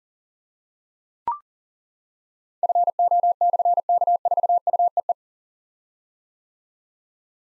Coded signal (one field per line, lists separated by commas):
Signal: Morse code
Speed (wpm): 42 wpm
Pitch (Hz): 700 Hz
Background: none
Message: FO/K4UEE